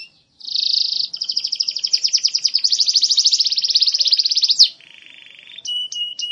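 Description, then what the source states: Canary song opening with a dense buzzy trill, moving into pulsed rolling tours, a sharp sweep, then a flat nasal buzz and short high notes. Champion singer.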